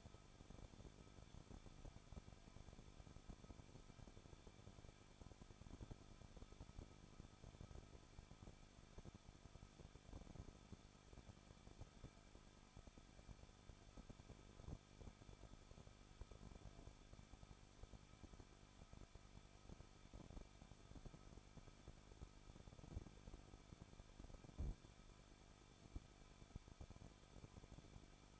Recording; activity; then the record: daily activity, microphone in the room; no activity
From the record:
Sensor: 5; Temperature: 20.7 degrees Celsius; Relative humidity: 38.6%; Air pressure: 1006.4 hPa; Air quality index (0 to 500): 192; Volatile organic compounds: 21 ppm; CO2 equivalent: 2715 ppm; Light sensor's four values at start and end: 2/3/1/1 and 2/3/1/1